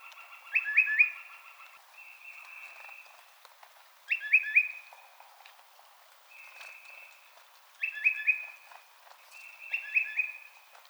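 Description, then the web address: Tufted titmouse alternating bursts of a few quick whistled notes with drawn-out flat whistles, fairly soft. Recorded on 24 March 2007. "Tufted Titmouse 2007 03 24"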